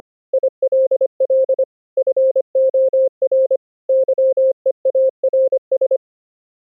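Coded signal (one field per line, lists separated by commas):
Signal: Morse code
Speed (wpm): 25 wpm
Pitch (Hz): 530 Hz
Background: none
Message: ILL FOR YEARS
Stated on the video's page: Morse code sent over the internet with the Opus codec in a full-duplex two-way GStreamer pipeline, testing for audio glitches across routers.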